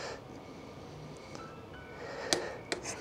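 A torque wrench set to 12 Nm tightens a fork triple clamp bolt. Over a low background hum, the wrench gives a sharp click at 2.3 s as it reaches the setting, followed by another hit at 2.7 s. Someone talks.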